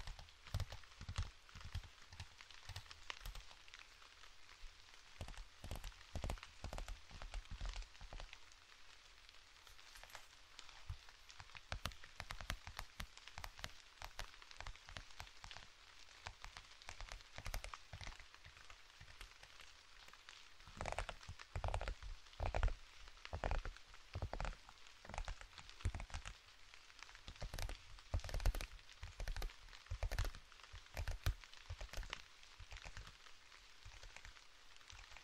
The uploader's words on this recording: ASMR Scratching & Tapping for your Napping + Calming Rain (No Talking).